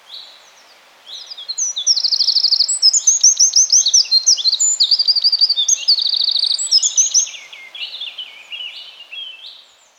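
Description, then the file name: Eurasian wren song: a long, loud, high-pitched cascade of rapid trills, rattles and sharp twitters lasting around seven seconds. "Troglodytes troglodytes"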